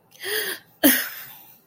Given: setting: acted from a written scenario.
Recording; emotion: vocal sound without words; sadness